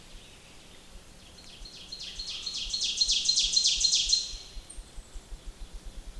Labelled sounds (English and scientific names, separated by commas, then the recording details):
Ovenbird (Seiurus aurocapilla) song
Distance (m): 20 m
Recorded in boreal forest in Alberta, Canada, on 28 May 2016 at 07:49
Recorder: SongMeter 3, array SBT-3-49
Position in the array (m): 68 m, 263 m
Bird 14